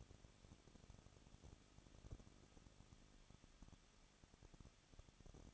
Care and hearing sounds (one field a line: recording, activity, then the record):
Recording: daily activity, microphone in the room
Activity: no activity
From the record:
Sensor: 4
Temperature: 23.1 degrees Celsius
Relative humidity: 34.3%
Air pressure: 1007.2 hPa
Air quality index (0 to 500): 214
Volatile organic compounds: 14 ppm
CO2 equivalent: 2463 ppm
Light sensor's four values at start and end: 2/3/1/1 and 2/3/1/1